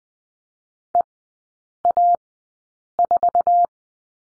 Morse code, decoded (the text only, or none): EA4